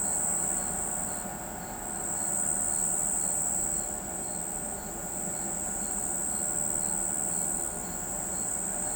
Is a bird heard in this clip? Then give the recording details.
no. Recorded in pastures near Pivijay, Magdalena, Colombia, on 14 April 2023 at 04:30. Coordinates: 10.456, -74.369. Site P6-G026